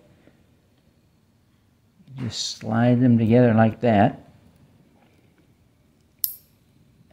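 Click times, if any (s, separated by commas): 6.2 s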